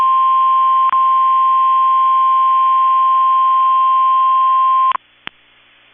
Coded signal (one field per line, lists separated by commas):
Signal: Emergency Alert System (SAME) tones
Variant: 1050 Hz attention tone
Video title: 9/15/21 - KEC65 Required Weekly Test (EAS #248)